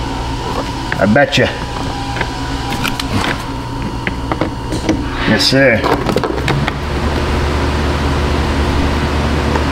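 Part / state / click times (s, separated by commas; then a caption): trim screw into seat frame sheet metal / stripped / 6.1 s, 6.2 s, 6.5 s, 6.7 s. A screw that holds the seat side trim on a Jeep Commander, during work on the seat switch wiring, is driven into a sheet-metal hole in the seat frame while someone talks. A run of short ticks at 6.1, 6.2, 6.5 and 6.7 seconds is heard as the screw spins, and it strips right out.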